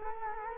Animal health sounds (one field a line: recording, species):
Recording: mosquito wingbeat signal from an infrared sensor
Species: Culex quinquefasciatus